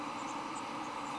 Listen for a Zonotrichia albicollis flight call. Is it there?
no